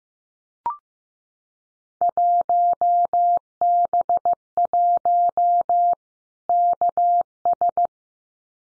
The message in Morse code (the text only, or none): 1B1 KS